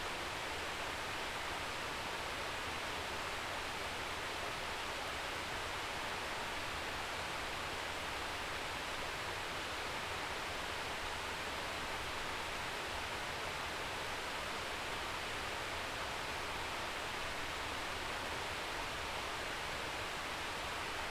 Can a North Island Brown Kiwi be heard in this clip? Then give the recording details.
no. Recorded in New Zealand on 11 December 2011. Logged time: 00:43. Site DD66